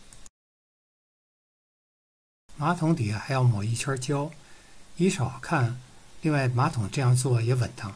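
A split plastic cover plate is opened and snapped around a toilet's water supply pipe at the wall, giving two short, sharp clicks at 0.1 s and 0.3 s as it seats in place. A stretch of silence follows, then someone talks.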